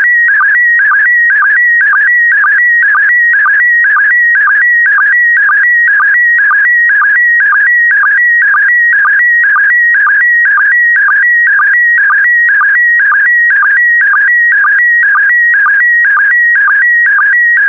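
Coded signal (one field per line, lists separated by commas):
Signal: SSTV (slow-scan television)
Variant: PD120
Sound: steady warbling tone near 2 kHz with a short low blip about twice a second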